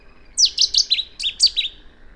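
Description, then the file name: Cetti's warbler song: a sudden, loud burst of about seven sharp, high notes, each dropping in pitch, delivered rapidly over roughly a second and a half. "Bouscarle de Cetti Cettia cetti"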